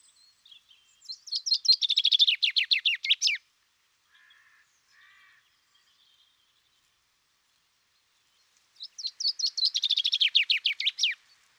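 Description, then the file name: Common chaffinch singing two bright, rattling phrases of rapid descending notes, each about two seconds long, separated by a pause with faint soft calls. "Fringilla coelebs"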